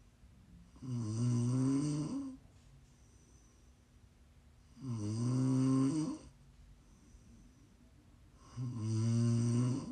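ASMR snoring from an adult sleeper, meant for listening to sleep, relax or wind down: three loud, low-pitched, tonal snores, each lasting over a second and recurring about 16 times a minute, separated by quiet breathing pauses.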